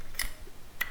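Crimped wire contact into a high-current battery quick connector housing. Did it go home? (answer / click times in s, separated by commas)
yes / 0.8 s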